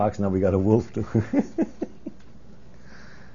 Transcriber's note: he laughs